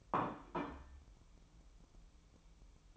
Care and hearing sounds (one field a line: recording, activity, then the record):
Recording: daily activity, microphone in the room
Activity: place plate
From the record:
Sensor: 1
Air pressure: 1007.5 hPa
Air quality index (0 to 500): 78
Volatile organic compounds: 1 ppm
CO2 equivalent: 672 ppm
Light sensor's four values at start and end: 9/23/9/10 and 9/23/9/10